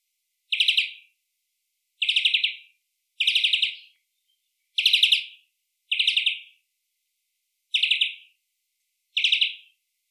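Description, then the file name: European greenfinch repeating a short rattling trill, seven bursts of about half a second each, with silence between. "Chloris chloris"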